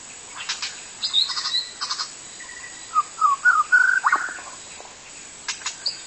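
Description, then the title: White-rumped shama song: short bright phrases and rising whistled notes mixed with buzzy chatters, with a quiet gap near the end. Wild forest bird; song described as kicau. "Kicau burung murai batu hutan"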